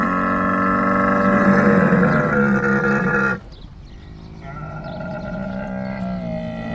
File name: Camel Farm Bahrain February 27 th 2016